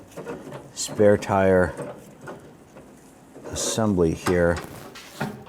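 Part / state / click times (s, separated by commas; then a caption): spare tire lowering rod into hoist assembly socket / seated / 5.2 s. A metal spare tire lowering rod, inserted down the access tube of a 2005–2021 Nissan Frontier, is turned gently left and right until its end engages the spare tire hoist assembly socket while someone talks. A soft knock is heard at 2.3 s, then a sharp knock at 5.2 s as the rod locks into place in the hoist.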